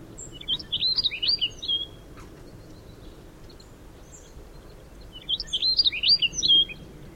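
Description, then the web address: Rustic bunting song, two short high warbled phrases of quick jumbled notes several seconds apart, over low background rumble. "rustic bunting bunting bird call"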